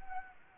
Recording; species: mosquito wingbeat signal from an infrared sensor; Anopheles arabiensis